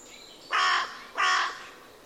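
Bird calls: two harsh, hoarse caws, each about a third of a second long, over a quiet background.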